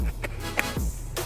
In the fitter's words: That just goes on like that and locks in place.